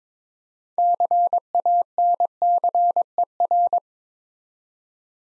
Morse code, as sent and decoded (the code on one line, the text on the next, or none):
-.-. .- -. -.-. . .-.
CANCER